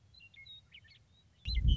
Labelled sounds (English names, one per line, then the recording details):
Western Meadowlark
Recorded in Sonoma County, California